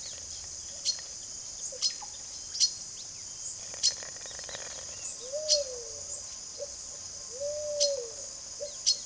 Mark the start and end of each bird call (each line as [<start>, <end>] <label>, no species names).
[0.80, 9.05] bird call